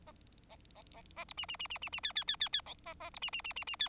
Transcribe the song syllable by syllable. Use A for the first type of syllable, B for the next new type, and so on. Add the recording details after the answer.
A A A A B C C C C C C D D D D D E A A B C C C C C D. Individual Bird4